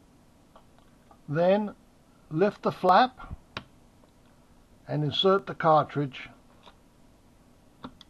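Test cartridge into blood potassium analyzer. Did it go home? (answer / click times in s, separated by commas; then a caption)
yes / 7.8 s, 8.0 s. A potassium test cartridge is pushed into the slot under the lifted flap of a blood potassium analyzer until it sits firm. Someone talks, with a few faint ticks in the quiet gaps. Two short, sharp clicks close together at 7.8 and 8.0 seconds show the cartridge seating.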